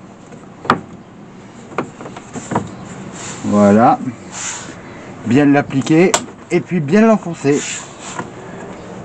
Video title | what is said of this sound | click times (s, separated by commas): Remise en état du véhicule et comment l'adapter en fonction des besoins de chacuns | quand on entend le petit clic, C'est que c'est posé. c'est que c'est bien mis. | 8.2 s